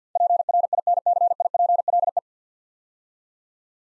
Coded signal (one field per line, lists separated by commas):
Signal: Morse code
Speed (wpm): 49 wpm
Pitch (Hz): 700 Hz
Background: none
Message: PRINCIPLE